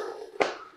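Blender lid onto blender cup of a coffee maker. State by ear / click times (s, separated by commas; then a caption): seated / 0.4 s. A plastic blender lid is twisted onto the frappe cup of a Mr. Coffee Iced and Hot Single Serve coffee maker. Faint low rubbing leads up to a single short, sharp tap at 0.4 s as the lid locks into place, followed by a brief fading ring. The lid is seated and locked.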